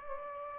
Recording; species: mosquito wingbeat signal from an infrared sensor; Anopheles gambiae